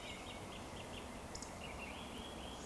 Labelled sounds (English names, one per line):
Eurasian Woodcock